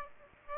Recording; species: mosquito wingbeat signal from an infrared sensor; Aedes aegypti